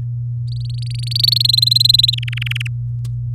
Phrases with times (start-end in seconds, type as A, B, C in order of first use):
0.48-1.34 A, 1.36-2.15 B, 2.17-2.67 C